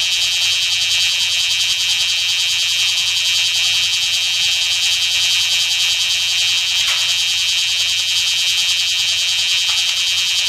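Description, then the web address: Bear cicada singing a continuous, piercing metallic buzz that holds steady without break, with a faint low hum underneath. "insect kumazemi"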